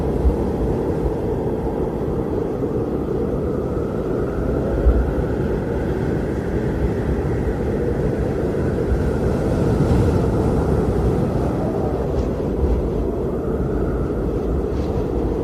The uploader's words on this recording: Blizzard Storm Sounds - Heavy Wind and Snow Vibration.